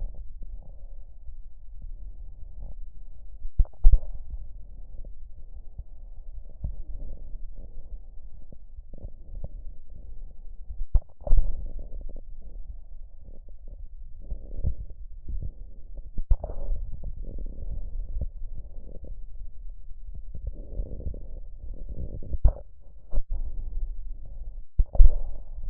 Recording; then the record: lung sounds by stethoscope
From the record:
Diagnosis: emphysema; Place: left posterior upper chest